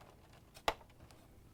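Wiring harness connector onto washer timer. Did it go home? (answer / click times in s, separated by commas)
yes / 0.7 s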